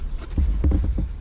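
The plastic locking safety tab on an airbag connector in a C6 Corvette A6 is handled during a paddle swap, producing a series of short, low handling taps and rustles between about 0.4 and 1.0 s, the strongest at 0.6 and 0.7 s. The tab has not yet snapped down, and nothing has seated or clicked yet.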